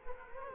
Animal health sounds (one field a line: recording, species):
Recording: mosquito wingbeat signal from an infrared sensor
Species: Culex quinquefasciatus